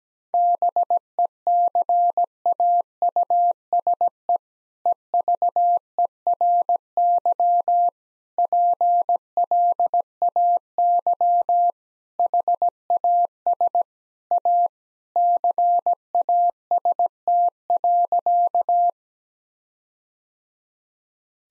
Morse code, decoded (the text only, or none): BECAUSE EVERY PLAY HAS A CAST.